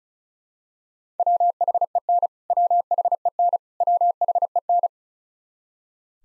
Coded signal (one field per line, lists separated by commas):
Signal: Morse code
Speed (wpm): 36 wpm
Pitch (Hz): 700 Hz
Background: none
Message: WHEN WHEN WHEN